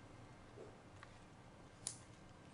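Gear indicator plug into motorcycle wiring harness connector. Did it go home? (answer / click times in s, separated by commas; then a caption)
yes / 1.9 s. The last plug of a Starlane Engear digital gear indicator with programmable LED shift light is pushed into its mating wiring harness connector on a motorcycle. A faint tick at 1.0 s is followed by one sharp, bright click at 1.9 s, and the connector is seated.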